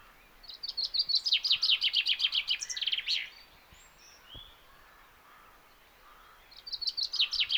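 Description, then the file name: Common chaffinch singing a quick descending trill of sharp notes that ends in a flourish, then starting the same phrase again about three seconds later, over soft background calls. "Fringilla coelebs"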